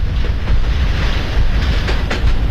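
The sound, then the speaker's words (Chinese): A train rumbles steadily along the tracks, its heavy low roar broken by a quick, irregular clatter of wheels over rail joints, loud and continuous with no voices. It is Hitler's special train, code-named 'America', in May 1940, turning back partway toward a new headquarters not far from the French border. “走到半路，火车掉头驶向距离法国边境不远的新指挥部，查看整个战局。”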